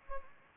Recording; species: mosquito wingbeat signal from an infrared sensor; Culex pipiens